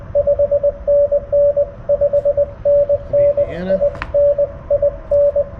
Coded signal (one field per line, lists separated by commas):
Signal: Morse code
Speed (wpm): 21 wpm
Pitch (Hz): 590 Hz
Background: radio noise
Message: 5NN 5NN IN IN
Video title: CW POTA at US-4567 with the Yaesu FTDX10